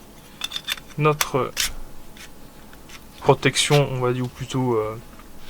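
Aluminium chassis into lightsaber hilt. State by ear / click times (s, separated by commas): not seated / none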